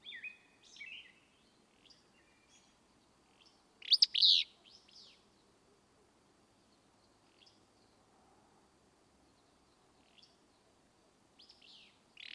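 Willow flycatcher giving one loud, burry two-part phrase, with another starting at the very end, amid scattered faint chirps and a steady background hiss.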